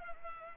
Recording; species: mosquito wingbeat signal from an infrared sensor; Culex pipiens